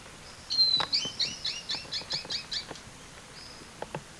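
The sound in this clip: Bird calls: a thin high whistle, then a fast run of several short chirps, ending with a faint whistle and a few clicks.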